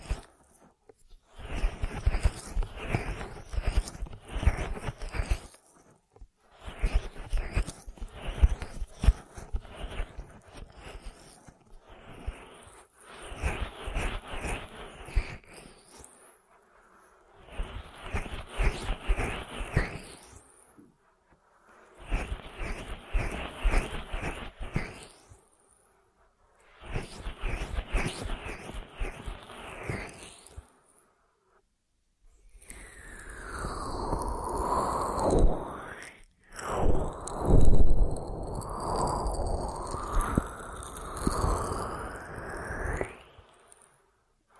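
Ear massage sounds come in bursts of dense crackling rubbing, about every five seconds with short silences between. After about 33 seconds the texture changes to smoother, sweeping swishes with rising and falling tones, continuing to the end with one brief pause.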